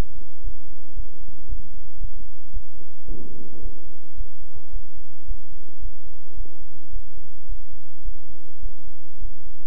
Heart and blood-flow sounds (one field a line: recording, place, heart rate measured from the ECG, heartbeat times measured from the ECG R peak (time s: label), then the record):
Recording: heart sounds by stethoscope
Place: between the tricuspid and mitral areas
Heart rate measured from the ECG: 109 bpm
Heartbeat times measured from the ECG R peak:
0.41 s: heartbeat
0.94 s: heartbeat
1.46 s: heartbeat
1.98 s: heartbeat
2.51 s: heartbeat
3.06 s: heartbeat
3.60 s: heartbeat
4.15 s: heartbeat
4.71 s: heartbeat
5.26 s: heartbeat
5.80 s: heartbeat
6.35 s: heartbeat
6.91 s: heartbeat
7.46 s: heartbeat
8.03 s: heartbeat
8.60 s: heartbeat
9.19 s: heartbeat
From the record:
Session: bicycle stress test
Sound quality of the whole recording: good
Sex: male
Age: 26 years